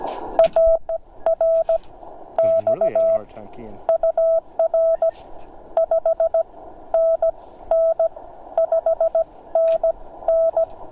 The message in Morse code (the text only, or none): AR X UR 5NN 5NN